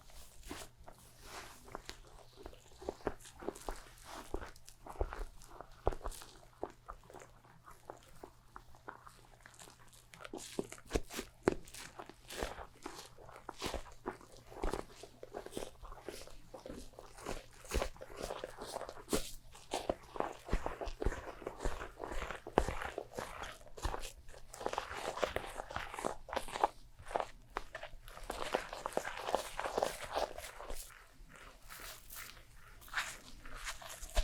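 A haircut and shave with dense, irregular snipping and scraping clicks throughout, busiest around 25–30 seconds, over a low steady hum.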